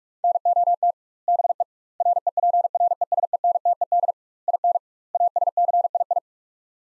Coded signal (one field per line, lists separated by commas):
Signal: Morse code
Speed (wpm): 47 wpm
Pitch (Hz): 700 Hz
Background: none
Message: NOT BE REPRESENTED IN ASCII